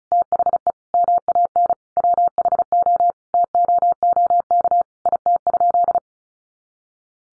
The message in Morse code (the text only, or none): THE MAN WHO TOOK IT?